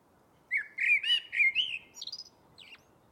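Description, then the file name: Eurasian blackbird song: a fluty warbled phrase ending in a thin, high squeaky twitter, over a faint steady background hiss. "Turdus merula"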